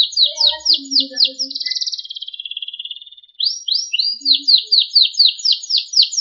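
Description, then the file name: Canary song: rapid trills of bright downslurred notes high in pitch, a long buzzy sustained phrase in the middle, then fast rolling repeated notes again. Sekar Jagad variety of canary. "kenari sekar jagad"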